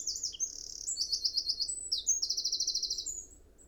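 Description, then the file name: Eurasian wren song, a fast, high-pitched outpouring of sharp notes and rapid rattling trills, ending with a long trill. "Troglodytes troglodytes"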